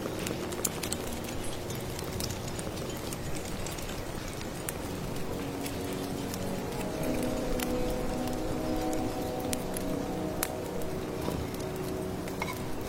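Soup stirred over crackling firewood, with soft rain rustling, scattered sharp clicks and pops throughout, and a steady low murmur underneath.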